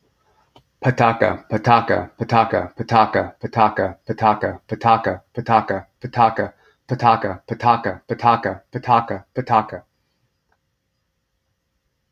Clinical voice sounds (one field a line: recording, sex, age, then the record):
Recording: repeated syllables /pa ta ka/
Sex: male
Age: 30 to 39 years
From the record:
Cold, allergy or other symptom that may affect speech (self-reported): no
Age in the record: 36 years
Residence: United States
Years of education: 14